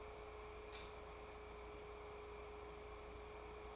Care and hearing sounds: daily activity, microphone in the room; light off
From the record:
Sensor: 1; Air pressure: 1010.2 hPa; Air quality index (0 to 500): 172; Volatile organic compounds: 12 ppm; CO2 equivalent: 2367 ppm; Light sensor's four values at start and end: 56/151/61/76 and 52/136/56/70

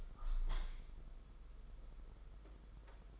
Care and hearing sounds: daily activity, microphone in the room; open window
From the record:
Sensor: 5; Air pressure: 991.5 hPa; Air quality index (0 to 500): 105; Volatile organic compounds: 21 ppm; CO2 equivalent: 2723 ppm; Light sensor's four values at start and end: 39/125/47/51 and 39/125/47/51

